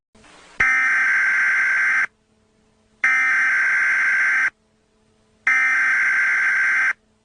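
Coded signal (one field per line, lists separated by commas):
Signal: Emergency Alert System (SAME) tones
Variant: header bursts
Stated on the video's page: Mini EAS scenario, a fictional alert.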